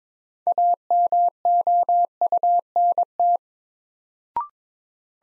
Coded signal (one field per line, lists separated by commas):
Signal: Morse code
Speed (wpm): 22 wpm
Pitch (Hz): 700 Hz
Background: none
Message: AMOUNT